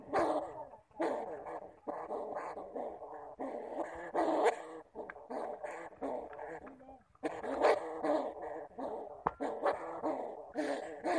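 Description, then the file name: Bamboo rat producing long runs of raspy, grumbling growls with short breaks between them. "Tieng dui keu"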